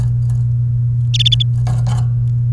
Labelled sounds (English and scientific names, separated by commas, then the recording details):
Domestic Canary (Serinus canaria) song
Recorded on 29 April 2018 at 12:26
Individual llb3